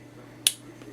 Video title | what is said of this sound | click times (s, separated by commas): How to strip Howa 1500 full strip down and rebuild | until it clicks into position | 0.5 s